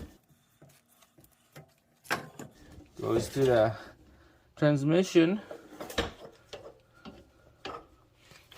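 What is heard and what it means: A Honda CV axle's inner spline is guided into position at the transmission differential opening, lined up before being pushed home. Someone talks over a few quiet handling knocks and taps. Nothing has seated or clicked yet.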